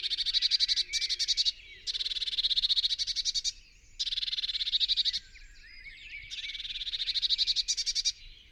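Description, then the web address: Eurasian blue tit churring: rapid buzzy pulse trains in long bursts, nearly continuous with only short gaps. "SETE Cyanistes caeruleus"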